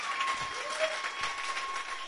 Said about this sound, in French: Levez-vous, s'il vous plaît. On a fini. Je prends les acclamations, c'est pas à moi, c'est à Dieu. C'est à Dieu, c'est pas à moi.